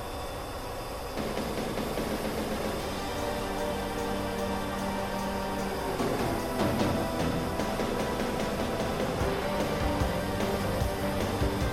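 F-14 Tomcat cockpit noise: a dense, steady roar with a low hum, rising slightly after six seconds, with faint tones drifting through.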